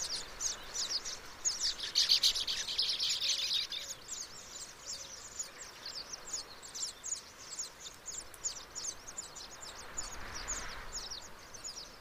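Baya weaver chattering, dense high chirps in a steady stream, louder for the first four seconds, then softer.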